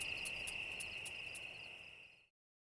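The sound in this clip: Cicada song, a steady shrill tone with a few crisp clicks above it, fading away after about two seconds into silence.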